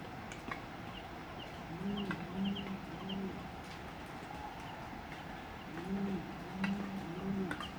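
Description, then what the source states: Brown fish owl duet: deep booming hoots in two quick bursts of three to four notes, several seconds apart, over rhythmic high insect ticking and faint ambient hiss. Male and female hooting in a duet; recording separated in stereo.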